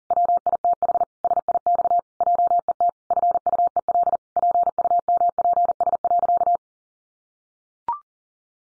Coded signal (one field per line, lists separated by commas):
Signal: Morse code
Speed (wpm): 40 wpm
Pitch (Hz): 700 Hz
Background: none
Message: WITH SIX JET FUEL PUMPS.